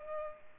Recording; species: mosquito wingbeat signal from an infrared sensor; Culex pipiens